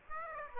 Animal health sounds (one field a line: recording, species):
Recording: mosquito wingbeat signal from an infrared sensor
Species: Aedes aegypti